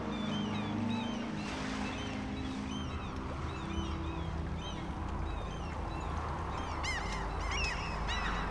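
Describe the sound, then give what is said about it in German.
A flock of seabirds over the open sea, among icebergs and drifting ice floes, keeps up a busy chorus of honking, squawking calls, overlapping in quick bursts above a steady rush of wind and waves with a low rumble underneath. “Wie viele Fische, wie viele Vögel in der Luft.”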